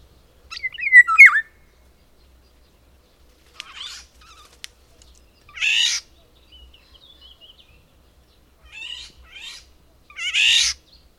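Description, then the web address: Bird mixing short whistled, slurred notes with several harsh, raspy bursts spaced a few seconds apart in otherwise quiet surroundings. "madarak enek"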